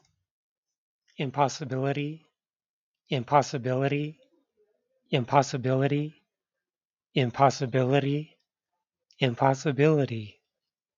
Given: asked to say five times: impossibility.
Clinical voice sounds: repeated word; male; 40 to 49 years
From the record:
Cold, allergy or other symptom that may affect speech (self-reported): no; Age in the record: 44 years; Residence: New Mexico, United States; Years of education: 14

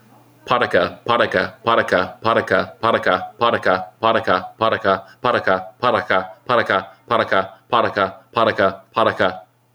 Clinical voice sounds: repeated syllables /pa ta ka/; male; 30 to 39 years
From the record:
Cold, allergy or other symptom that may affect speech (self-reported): no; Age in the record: 34 years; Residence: California, United States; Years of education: 12

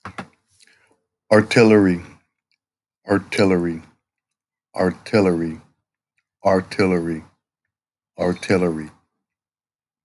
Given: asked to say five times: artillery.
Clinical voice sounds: repeated word; male; 50 to 59 years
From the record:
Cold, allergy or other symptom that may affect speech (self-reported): no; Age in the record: 56 years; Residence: Hawaii, United States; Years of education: 17

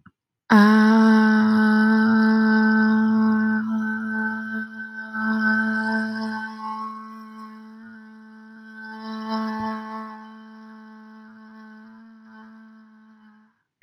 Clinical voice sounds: vowel held as long as possible; female; 20 to 29 years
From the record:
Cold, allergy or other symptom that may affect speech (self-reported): no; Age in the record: 23 years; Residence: Georgia, United States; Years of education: 18

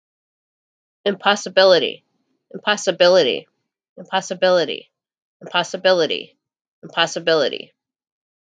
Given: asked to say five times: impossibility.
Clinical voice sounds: repeated word; female; 50 to 59 years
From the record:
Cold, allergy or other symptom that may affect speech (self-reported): no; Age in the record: 56 years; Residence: Missouri, United States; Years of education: 12

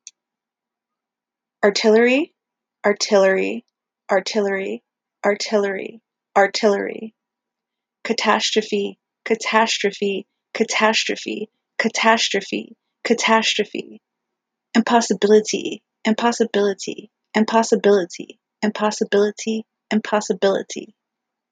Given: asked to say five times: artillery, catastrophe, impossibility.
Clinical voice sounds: three words, each repeated; female; 30 to 39 years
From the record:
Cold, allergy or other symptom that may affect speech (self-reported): no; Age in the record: 37 years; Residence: Virginia, United States

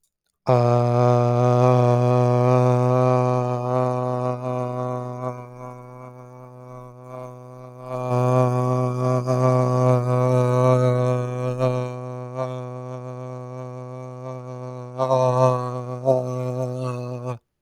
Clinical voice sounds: vowel held as long as possible; male; 20 to 29 years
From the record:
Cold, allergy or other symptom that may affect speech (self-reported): no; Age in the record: 21 years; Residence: Colorado, United States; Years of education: 15

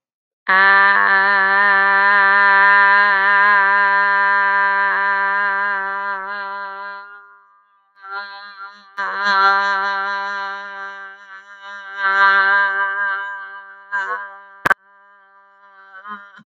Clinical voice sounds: vowel held as long as possible; female; 40 to 49 years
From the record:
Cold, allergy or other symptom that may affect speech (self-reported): no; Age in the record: 46 years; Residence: Pennsylvania, United States

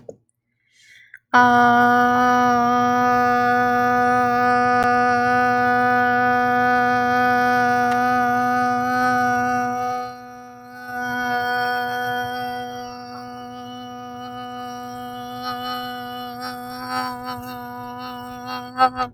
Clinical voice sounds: vowel held as long as possible; female; 18 to 19 years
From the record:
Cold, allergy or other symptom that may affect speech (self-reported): no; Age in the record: 18 years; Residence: Indiana, United States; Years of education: 14

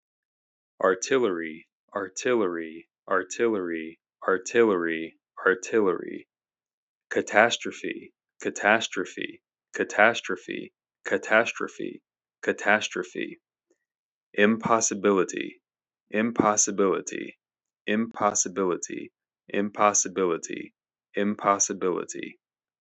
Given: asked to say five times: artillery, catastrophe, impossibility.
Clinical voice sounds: three words, each repeated; male; 30 to 39 years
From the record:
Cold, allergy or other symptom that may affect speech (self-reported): no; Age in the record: 32 years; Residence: Texas, United States

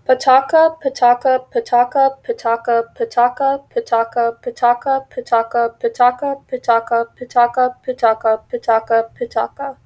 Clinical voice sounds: repeated syllables /pa ta ka/; female; 20 to 29 years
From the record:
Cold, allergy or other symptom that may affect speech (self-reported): no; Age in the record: 24 years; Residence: Illinois, United States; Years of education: 18

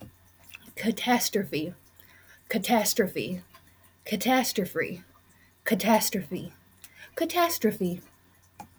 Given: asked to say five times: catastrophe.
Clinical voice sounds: repeated word; female; 20 to 29 years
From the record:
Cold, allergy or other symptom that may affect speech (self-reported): no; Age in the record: 24 years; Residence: Arkansas, United States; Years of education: 13

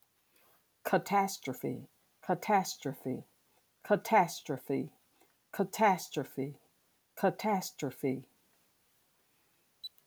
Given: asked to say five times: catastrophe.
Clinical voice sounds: repeated word; female; 50 to 59 years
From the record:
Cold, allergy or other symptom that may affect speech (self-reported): no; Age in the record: 51 years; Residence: Virginia, United States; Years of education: 16

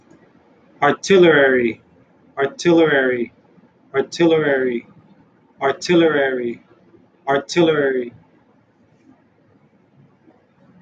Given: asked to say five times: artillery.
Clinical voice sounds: repeated word; male; 20 to 29 years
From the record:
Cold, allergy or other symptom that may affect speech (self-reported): no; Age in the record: 28 years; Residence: Texas, United States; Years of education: 16

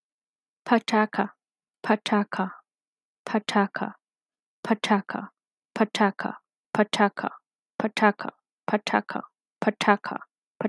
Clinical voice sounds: repeated syllables /pa ta ka/; female; 30 to 39 years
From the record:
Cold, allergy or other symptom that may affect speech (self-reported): no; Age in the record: 34 years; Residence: West Virginia, United States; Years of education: 18

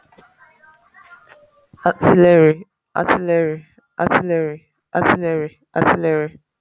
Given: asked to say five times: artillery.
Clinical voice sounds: repeated word; female; 20 to 29 years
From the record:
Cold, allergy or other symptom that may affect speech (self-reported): no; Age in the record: 25 years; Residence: California, United States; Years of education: 16

